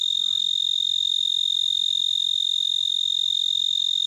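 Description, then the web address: Black-horned tree cricket song, a steady high continuous trill of rapid even pulses holding one pitch throughout without a break. "The Songs of Insects. Black-horned Tree Cricket"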